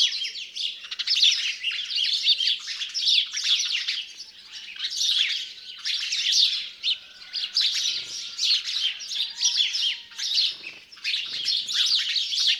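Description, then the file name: House sparrow chorus, many short bright chirps overlapping in a steady busy chatter throughout, rising and falling slightly in loudness. "Passer domesticus"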